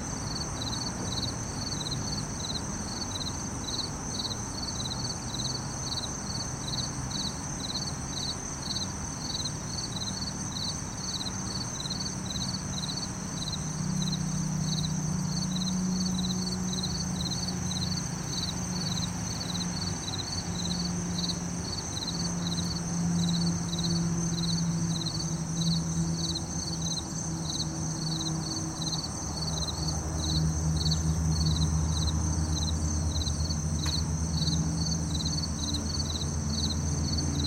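Crickets and cicadas keep up a steady, pulsing high trill throughout, over a low rushing rumble of passing traffic that swells after fifteen seconds.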